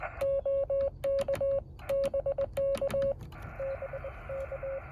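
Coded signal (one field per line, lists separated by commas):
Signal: Morse code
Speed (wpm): 20 wpm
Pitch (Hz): 550 Hz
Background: radio noise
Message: OK BK BK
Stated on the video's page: Morse code POTA park activation attempt with a Yaesu 817.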